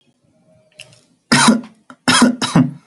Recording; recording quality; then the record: heavy voluntary cough; excellent, no background noise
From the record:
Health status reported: healthy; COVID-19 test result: not tested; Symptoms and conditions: none ticked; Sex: male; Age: 27 years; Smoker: not ticked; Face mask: not worn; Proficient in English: no